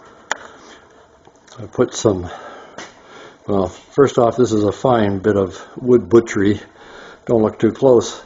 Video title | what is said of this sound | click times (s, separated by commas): Sandblaster, I can see again Episode 51 | so we'll see what happens with the new one it's an led that snaps into place | 0.3 s